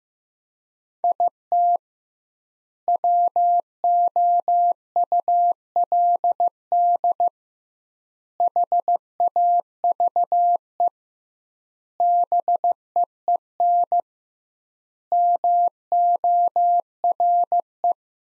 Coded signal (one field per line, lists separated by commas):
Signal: Morse code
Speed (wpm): 15 wpm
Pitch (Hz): 700 Hz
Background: none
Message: IT WOULD HAVE BEEN MORE